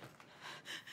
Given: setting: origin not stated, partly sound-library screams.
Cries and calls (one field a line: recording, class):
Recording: one-second piece from a danger detection set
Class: woman in danger